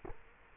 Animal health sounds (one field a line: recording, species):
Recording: mosquito wingbeat signal from an infrared sensor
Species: Culex quinquefasciatus